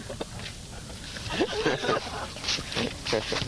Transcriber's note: laughter